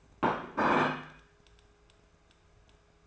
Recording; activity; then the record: daily activity, microphone in the room; place plate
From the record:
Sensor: 2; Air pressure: 1014.9 hPa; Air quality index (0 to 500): 203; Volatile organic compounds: 20 ppm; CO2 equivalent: 2686 ppm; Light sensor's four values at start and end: 8/20/8/9 and 8/20/8/9